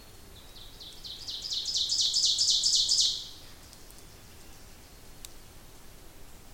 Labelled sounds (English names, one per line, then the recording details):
Ovenbird song
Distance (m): 20 m
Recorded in boreal forest in Alberta, Canada, on 26 May 2016 at 08:54
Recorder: SongMeter 3, array SBT-3-15
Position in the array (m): 56 m, 211 m
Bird 20